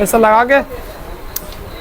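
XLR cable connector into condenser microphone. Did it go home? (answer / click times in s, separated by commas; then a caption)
yes / 1.4 s. Someone talks, then the metal connector of an XLR cable is pushed into the base of a BM800 condenser microphone, and a sharp click is heard at 1.4 s. The connector has locked into place.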